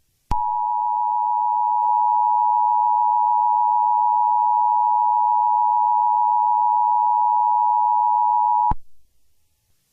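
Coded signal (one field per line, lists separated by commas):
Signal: Emergency Alert System (SAME) tones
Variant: 853 and 960 Hz attention tone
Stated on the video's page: Fictional EAS scenario.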